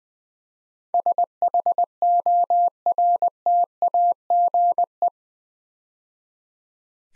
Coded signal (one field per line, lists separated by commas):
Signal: Morse code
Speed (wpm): 20 wpm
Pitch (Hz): 700 Hz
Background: none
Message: SHORTAGE